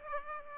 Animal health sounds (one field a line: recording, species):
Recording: mosquito wingbeat signal from an infrared sensor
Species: Aedes aegypti